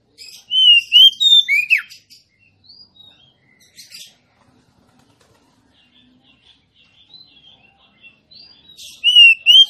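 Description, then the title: Oriental magpie-robin song: a loud phrase of clear whistled notes ending in a sharp downslur, soft scratchy twitters in the gap, then the phrase starts again. Female Oriental magpie-robin song, used to lure a male that has stopped singing into singing and fighting within minutes. "Kacer Langsung Tarung Konslet KACER NGOTOT FULL TEMBAKAN. Suara kacer betinamemancing kacer jantan yg macet bunyi"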